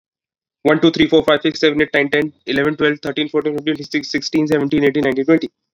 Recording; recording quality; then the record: counting at a fast pace; excellent, no background noise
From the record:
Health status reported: COVID-19 positive, mild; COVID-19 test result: positive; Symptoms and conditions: cough, cold, sore throat, fever, fatigue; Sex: male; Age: 26 years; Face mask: not worn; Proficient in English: yes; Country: India